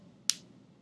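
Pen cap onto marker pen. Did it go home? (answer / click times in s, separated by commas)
yes / 0.3 s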